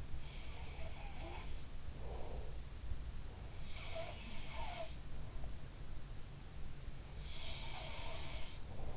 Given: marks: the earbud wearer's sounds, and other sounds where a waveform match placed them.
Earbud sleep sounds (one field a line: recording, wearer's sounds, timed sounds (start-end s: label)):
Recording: sounds in sleep by an in-ear microphone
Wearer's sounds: breath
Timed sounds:
0.50-1.86 s: sound from someone else or the room
1.97-2.77 s: breath
3.77-5.07 s: sound from someone else or the room
7.07-8.97 s: sound from someone else or the room